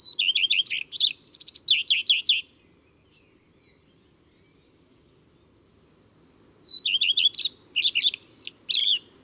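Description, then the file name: Common redstart singing two phrases about four seconds apart, each a run of rapid repeated notes with a varied ending. Recorded in April. "Avril Le rougequeue a front blanc"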